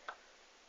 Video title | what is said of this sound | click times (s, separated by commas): Setting up Raspberry Pi beginers tutorial | Once that clicks into place. | 0.1 s